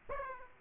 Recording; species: mosquito wingbeat signal from an infrared sensor; Aedes aegypti